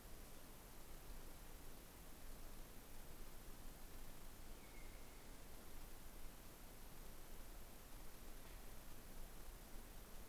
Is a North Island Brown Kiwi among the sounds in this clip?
no